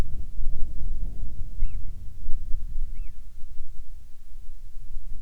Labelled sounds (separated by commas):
seabird, wind